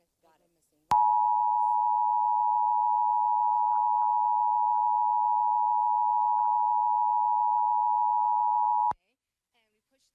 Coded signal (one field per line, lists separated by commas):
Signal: Emergency Alert System (SAME) tones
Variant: 853 and 960 Hz attention tone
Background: speech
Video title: KASN Tornado Warning EAS (4/28/2026)